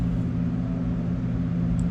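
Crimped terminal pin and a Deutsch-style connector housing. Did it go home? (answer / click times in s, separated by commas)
no / none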